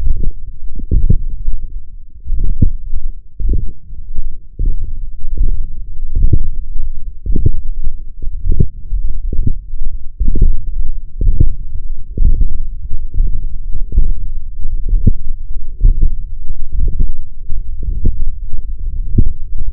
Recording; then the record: forearm muscle sounds (acoustic myography)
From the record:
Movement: radial deviation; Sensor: system 1, eight BSWA MPA416 microphones around the upper forearm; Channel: 6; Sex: male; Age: 21 years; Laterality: right